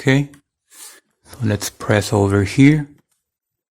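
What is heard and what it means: A plastic part of a Hyper Tough 4-shelf plastic garage cabinet is handled as it is readied to be pressed into the frame, while someone talks. The part has not seated or clicked yet, and the clip ends in near silence.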